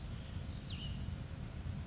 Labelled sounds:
Cassin's Vireo
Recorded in Sonoma County, California

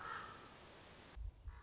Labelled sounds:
Common Raven
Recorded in Sonoma County, California

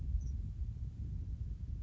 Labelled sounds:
Grasshopper Sparrow
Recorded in Sonoma County, California

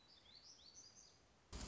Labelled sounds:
Black-throated Gray Warbler
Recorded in Sonoma County, California

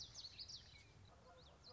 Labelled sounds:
Common Yellowthroat
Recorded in Sonoma County, California

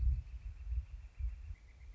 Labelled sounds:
Northern Flicker
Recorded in Sonoma County, California

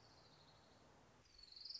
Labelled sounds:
Orange-crowned Warbler
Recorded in Sonoma County, California

